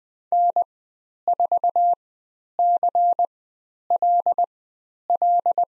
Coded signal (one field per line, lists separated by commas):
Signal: Morse code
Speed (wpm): 20 wpm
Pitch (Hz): 700 Hz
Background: none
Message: N4CLL